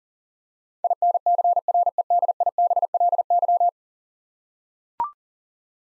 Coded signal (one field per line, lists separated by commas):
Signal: Morse code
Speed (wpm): 41 wpm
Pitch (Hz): 700 Hz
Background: none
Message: INCREDIBLY